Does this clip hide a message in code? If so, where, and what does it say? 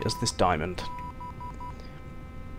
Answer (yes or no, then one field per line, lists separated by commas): no